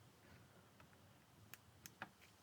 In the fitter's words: And it just clicked.